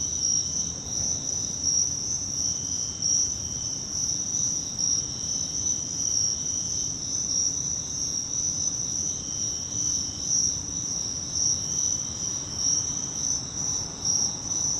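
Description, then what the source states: Continuous high cricket trilling from many insects, an even shimmering chorus throughout, accompanied by a soft low hum. Crickets, more than one, in Virginia.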